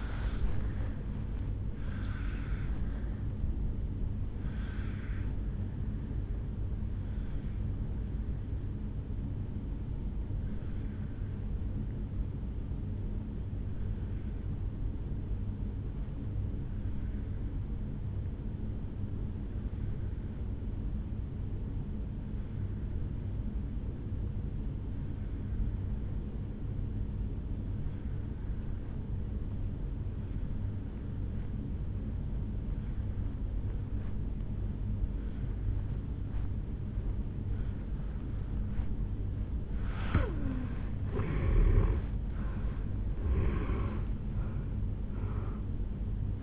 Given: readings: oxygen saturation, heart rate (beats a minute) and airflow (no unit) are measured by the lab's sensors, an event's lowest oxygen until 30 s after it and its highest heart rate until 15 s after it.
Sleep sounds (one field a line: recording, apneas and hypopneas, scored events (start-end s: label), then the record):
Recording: breathing in sleep by a smartphone at the bedside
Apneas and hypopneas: 1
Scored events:
4.00-46.43 s: new sleep stage, N1 (lightest sleep)
9.00-40.30 s: obstructive apnea (N1, oxygen 96% highest, then 84% lowest, heart rate 58 at the start, 76 highest)
From the record:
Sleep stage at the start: N2 (light sleep)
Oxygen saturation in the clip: 83 to 96%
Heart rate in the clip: 55 to 75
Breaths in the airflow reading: 3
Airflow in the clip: -11.7 to 8.5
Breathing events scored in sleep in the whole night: 449 in 7.0 hours asleep